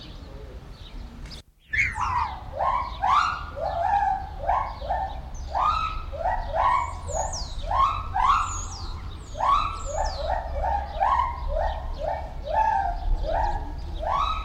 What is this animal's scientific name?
Hylobates lar